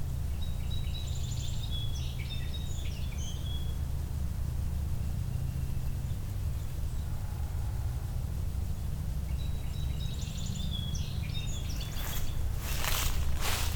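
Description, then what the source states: Golden-crowned Kinglet singing two bouts of very high, thin tsee notes ending in fast chatter, separated by a pause, with constant low rumble and a few sharp noise bursts near the end. Migrant passing through during migration time, in a swamp, early April 2021, just after dawn.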